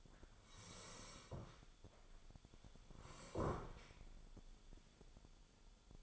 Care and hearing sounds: daily activity, microphone in the room; sit down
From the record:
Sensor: 5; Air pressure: 1015.4 hPa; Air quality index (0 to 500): 172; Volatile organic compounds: 6 ppm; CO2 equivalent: 1866 ppm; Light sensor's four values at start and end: 37/84/34/33 and 37/84/34/33

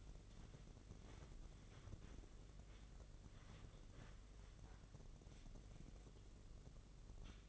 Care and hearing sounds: daily activity, microphone in the room; wipe stove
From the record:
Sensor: 4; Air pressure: 1013.2 hPa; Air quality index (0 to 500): 178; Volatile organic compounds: 2 ppm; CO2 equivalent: 1117 ppm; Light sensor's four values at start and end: 98/246/102/108 and 98/245/101/107

